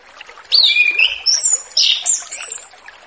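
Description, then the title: Orange-headed thrush song, varied high warbled phrases with whistled slurs and rich fluty notes in short bursts, over faint background noise. Relaxed, continuous singing used as a lure for young orange-headed thrushes just out of spotted juvenile plumage. "Anis Kembang Ngeplong Santai , Untuk Pancingan Anis Kembang Lepas Trotol 1"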